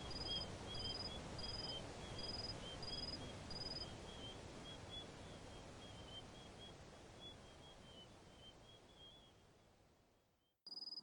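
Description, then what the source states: Crickets chirping in quick high pulsed bursts for about four seconds, then only fainter lower chirps over hiss, with one more high burst at the very end. Crickets chirping in a desert.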